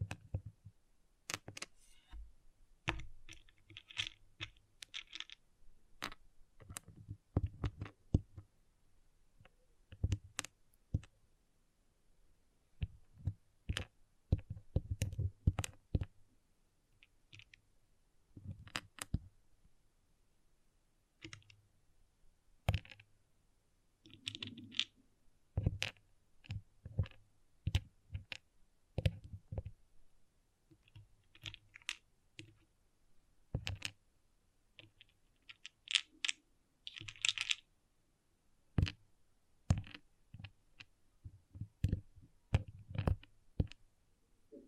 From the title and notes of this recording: ASMR Relaxing Pixel Art Beads ( No Talking).